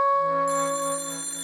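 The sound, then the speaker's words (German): A telephone in a hallway rings with a loud, steady, bright tone that holds without pause, its shimmering upper overtones swelling partway through. No one speaks. “Er wartete, ob das Klingeln aufhören würde.”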